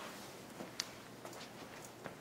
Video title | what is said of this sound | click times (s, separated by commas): Maquet Servo I | After that's done, pull up on your handle. Slides back into position and locks in place. | 0.8 s